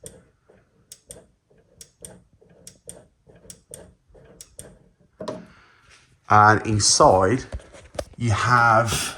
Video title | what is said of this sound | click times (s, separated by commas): Skoda Octavia Alarm going off randomly | Right, as you close it, you can probably hear a micro switch clicking. | 0.1 s, 1.1 s, 2.0 s, 2.9 s, 3.7 s, 4.6 s